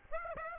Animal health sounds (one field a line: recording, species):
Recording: mosquito wingbeat signal from an infrared sensor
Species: Aedes aegypti